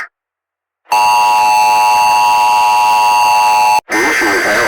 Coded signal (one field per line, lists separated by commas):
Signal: Emergency Alert System (SAME) tones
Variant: 853 and 960 Hz attention tone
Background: speech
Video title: Eastern Seaboard EAS